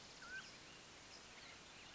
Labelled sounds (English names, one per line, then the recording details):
Mountain Quail
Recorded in Sonoma County, California